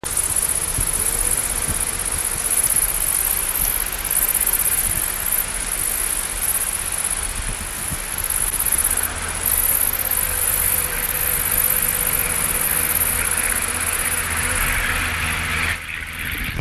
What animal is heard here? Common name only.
Great Green Bush-cricket